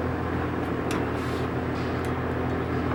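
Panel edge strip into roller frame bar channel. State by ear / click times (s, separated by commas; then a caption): not seated / none. The threaded edge strip of a fabric graphic panel, flipped so its black thread faces upward, is handled and pressed centered into the channel on an aluminium roller-frame bar. A steady low, broadband hum fills the clip, with faint brief high-pitched rustles near 0.9 and 2.0 seconds. Nothing has seated or popped into the channel yet.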